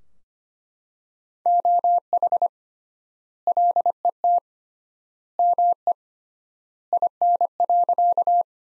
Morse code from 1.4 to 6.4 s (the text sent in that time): OH LET ME